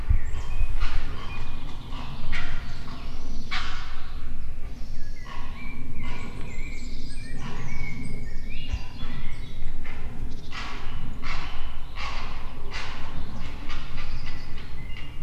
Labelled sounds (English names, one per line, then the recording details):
Grey Heron call
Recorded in the wild
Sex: diverse
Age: diverse
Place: Zielow, Müritz, Mecklenburg-Vorpommern, DE
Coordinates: 53.3631, 12.6906
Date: 1998-04-07
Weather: wolkig, 12°C
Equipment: Sony TCD-D3, Telinga Pro 5 (ohne Reflektor)
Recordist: Frommolt, Karl-Heinz